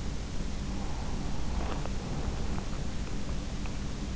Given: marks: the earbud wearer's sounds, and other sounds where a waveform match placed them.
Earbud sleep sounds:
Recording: sounds in sleep by an in-ear microphone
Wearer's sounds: breath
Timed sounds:
0.12-4.01 s: breath

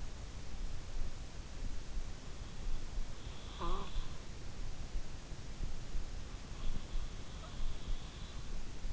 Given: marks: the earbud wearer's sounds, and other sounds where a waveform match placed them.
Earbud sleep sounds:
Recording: sounds in sleep by an in-ear microphone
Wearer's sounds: snoring breath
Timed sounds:
3.30-4.47 s: snoring breath

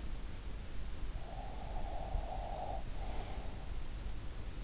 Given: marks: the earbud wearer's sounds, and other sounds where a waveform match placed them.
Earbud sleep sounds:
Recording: sounds in sleep by an in-ear microphone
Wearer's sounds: breath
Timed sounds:
1.11-3.83 s: breath

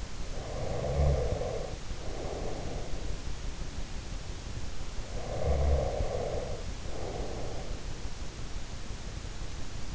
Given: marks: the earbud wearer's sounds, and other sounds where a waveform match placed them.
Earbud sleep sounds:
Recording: sounds in sleep by an in-ear microphone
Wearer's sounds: breath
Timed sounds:
0.00-3.94 s: breath
4.96-8.24 s: breath

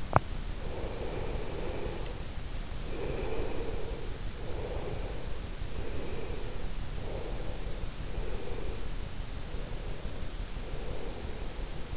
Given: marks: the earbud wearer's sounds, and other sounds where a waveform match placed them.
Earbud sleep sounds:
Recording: sounds in sleep by an in-ear microphone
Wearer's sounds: teeth grinding, breath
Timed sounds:
0.00-0.34 s: teeth grinding
0.73-3.86 s: breath
4.58-6.64 s: breath
7.02-9.08 s: breath
9.60-11.97 s: breath

